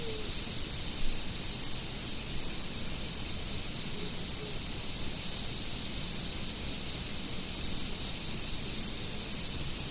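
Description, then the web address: Insects giving a continuous, steady high-pitched drone in two bands, unbroken throughout, over a faint low background rumble. Autumn. "nature autumn insects"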